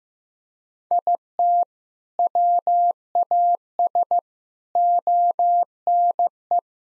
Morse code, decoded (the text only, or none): IT WAS ONE